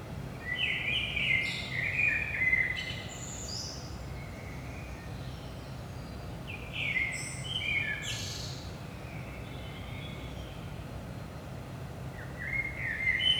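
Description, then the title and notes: Common blackbird song: several fluting phrases with high scratchy endings, spread throughout with quiet gaps, over a persistent low-frequency hum. Early morning, 5 am, in Saint-Gilles, Belgium; recorded with DPA 4060 microphones in AB position into a Zoom F3. "Saint-Gilles, Belgique - 5am Blackbird. Blackbird in the morning. Merle au petit matin"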